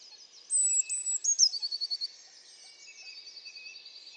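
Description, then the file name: Eurasian blue tit singing two long high whistles then a rapid trill of repeated short notes, with other birds faintly calling behind. "Cyanistes caeruleus"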